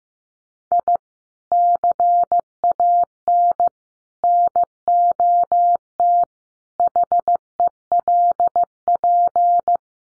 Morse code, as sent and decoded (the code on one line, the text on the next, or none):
.. / -.-. .- -. / -. --- - / .... . .-.. .--.
I CAN NOT HELP